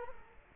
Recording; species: mosquito wingbeat signal from an infrared sensor; Culex quinquefasciatus